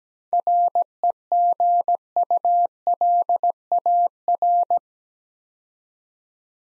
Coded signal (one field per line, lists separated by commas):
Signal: Morse code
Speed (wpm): 17 wpm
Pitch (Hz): 700 Hz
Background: none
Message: REGULAR